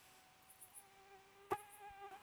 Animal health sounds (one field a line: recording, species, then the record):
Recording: mosquito flight sound by mobile phone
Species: Aedes sierrensis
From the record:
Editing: cut to the mosquito's sound